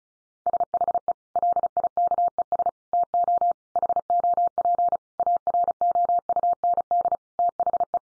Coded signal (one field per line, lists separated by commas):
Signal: Morse code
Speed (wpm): 34 wpm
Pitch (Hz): 700 Hz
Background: none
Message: SHE LIKES TO HOP AROUND THE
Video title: Easy Phrases 35wpm